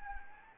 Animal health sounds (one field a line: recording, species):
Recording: mosquito wingbeat signal from an infrared sensor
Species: Anopheles gambiae